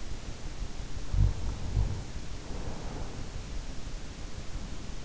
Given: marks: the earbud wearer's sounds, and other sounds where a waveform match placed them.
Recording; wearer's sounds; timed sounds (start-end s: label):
sounds in sleep by an in-ear microphone; snoring breath
0.90-3.45 s: snoring breath